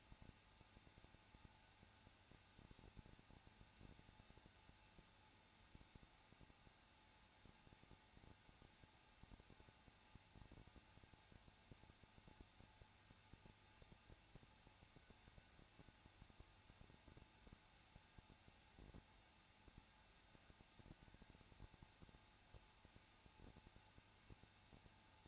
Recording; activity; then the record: daily activity, microphone in the room; no activity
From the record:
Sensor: 2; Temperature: 21.0 degrees Celsius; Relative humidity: 34.2%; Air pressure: 994.4 hPa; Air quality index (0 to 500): 172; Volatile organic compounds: 3 ppm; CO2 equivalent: 1337 ppm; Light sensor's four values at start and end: 2/3/2/2 and 2/3/2/2